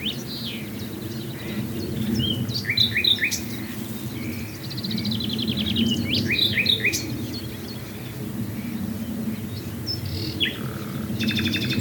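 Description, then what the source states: Common nightingale delivering varied phrases: fast pulsed rattles, short chirps and a brief high trill near the end, against continuous low background noise. Swale.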